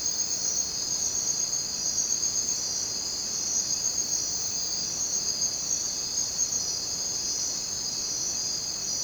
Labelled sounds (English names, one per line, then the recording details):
none
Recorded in dense forest near Puerto Asís, Putumayo, Colombia, on 23 June 2025 at 03:00
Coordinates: 0.484, -76.317
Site G045